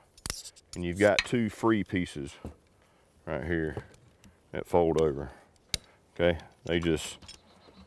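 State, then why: Not seated. Someone talks while handling a portable camp table's leg frame, where two free folding leg brace pieces fold over. Light metallic handling ticks are heard, with a sharp tap near 0.3 s. Nothing has locked into place yet.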